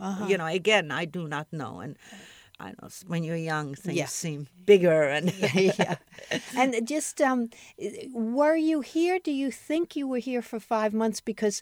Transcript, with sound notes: You know again, I do not know.
I know, when you're young things seem -
Bigger and - (both laugh)
Yeah. And just um, were you here -- do you think you were here for five months because